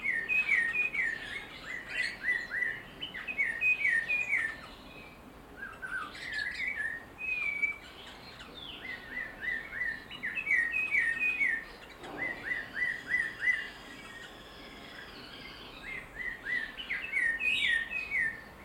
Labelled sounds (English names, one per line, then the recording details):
Snowy-crowned Robin-Chat
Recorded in captivity
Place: Zoo Berlin, Berlin, DE
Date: 1992-07-11 10:38
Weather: bedeckt, z.T. Regen, 17-22°C
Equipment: Marantz CP 430, Sennheiser ME 80, Kopie Tesla B 116
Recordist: Tembrock, Günter
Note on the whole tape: "Gesang" - komplexe Lautfolgen, Abstand ca. 1,5m